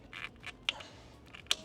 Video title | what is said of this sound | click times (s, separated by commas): 🛡️ No More Curb Rash! Installing Magbak RimCase on my Tesla! | you heard it click into place | 0.7 s